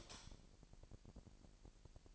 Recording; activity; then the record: daily activity, microphone in the room; light off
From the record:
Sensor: 5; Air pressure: 1002.0 hPa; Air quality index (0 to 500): 233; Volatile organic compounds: 34 ppm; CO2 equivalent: 3044 ppm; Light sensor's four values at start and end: 16/38/15/17 and 16/37/15/16